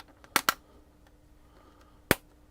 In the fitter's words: locks right in you can you can feel and hear the Locking